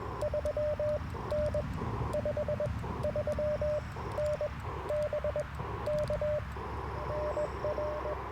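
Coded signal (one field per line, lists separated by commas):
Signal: Morse code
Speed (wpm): 20 wpm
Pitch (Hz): 600 Hz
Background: radio noise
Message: 3N 53N BK NR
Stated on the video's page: QRP CW Parks on the Air activation in early morning with Icom IC-705, Gabil GRA-7350T antenna, and Modern Morse Nameless key.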